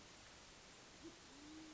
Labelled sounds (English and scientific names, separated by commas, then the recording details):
Band-tailed Pigeon (Patagioenas fasciata)
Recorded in Sonoma County, California